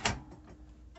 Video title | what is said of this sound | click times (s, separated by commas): The Ultimate 2021 $650 Gaming PC Build Guide! | boom, there the click was. | 0.1 s